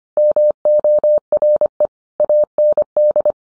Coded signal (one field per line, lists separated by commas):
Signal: Morse code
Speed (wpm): 25 wpm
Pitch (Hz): 600 Hz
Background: none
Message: MORE AND